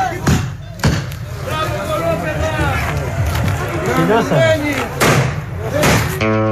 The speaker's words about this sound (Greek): Το καταλάβατε, είναι μυτιλινιό το χειροκρότημα, γιατί χειροκροτάνε και σε άλλα νησιά και σε άλλες περιοχές.